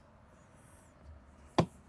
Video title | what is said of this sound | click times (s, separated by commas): Ford Maverick Lighting UPGRADE! Lasfit Turn Signals + Side Markers Installed | Push it in. Hear that click? | 1.6 s